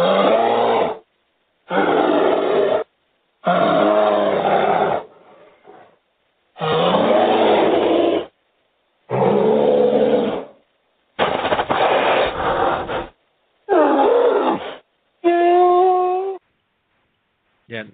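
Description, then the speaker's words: Black bear making a series of rough, groaning roars in bursts of a second or more, some ending in tonal whining moans, with short silent gaps between. Played as an example of a black bear's sound; bears are said to be not very loud. "here's what a black bear sounds like."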